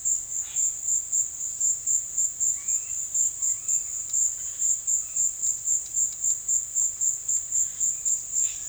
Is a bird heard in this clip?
yes